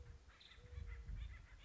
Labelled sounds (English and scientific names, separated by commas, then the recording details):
Nuttall's Woodpecker (Dryobates nuttallii)
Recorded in Sonoma County, California